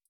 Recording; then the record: hydrophone in a shrimp aquaculture tank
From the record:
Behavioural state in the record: feeding